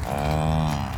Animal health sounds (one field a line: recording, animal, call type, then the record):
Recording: contact call of a hoofed animal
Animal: cattle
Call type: low-frequency (closed-mouth) or high-frequency (open-mouth) call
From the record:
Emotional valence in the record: negative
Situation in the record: full separation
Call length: 0.98 s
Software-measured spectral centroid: 2550 Hz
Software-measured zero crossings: 1410 a second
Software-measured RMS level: -24 dBFS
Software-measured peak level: -11 dBFS